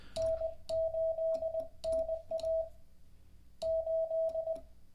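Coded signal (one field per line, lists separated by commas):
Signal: Morse code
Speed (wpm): 20 wpm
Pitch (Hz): 660 Hz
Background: none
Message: N8NA 8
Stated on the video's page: Live-streamed daily Morse code learning practice session.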